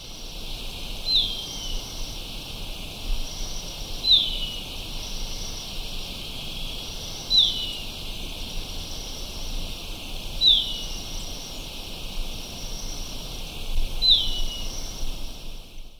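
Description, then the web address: Golden-faced tyrannulet repeating one high, down-slurred note roughly every three seconds, five times, against a loud broad chorus of buzzing insects. Recorded in Ecuador. "Natures Songs S America Birds of Ecuador Golden-faced Tyrannulet"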